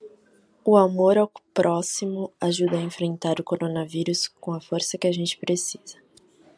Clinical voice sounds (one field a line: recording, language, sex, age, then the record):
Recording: spoken sentence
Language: Brazilian Portuguese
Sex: female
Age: 20 to 29 years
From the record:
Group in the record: control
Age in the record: 21 years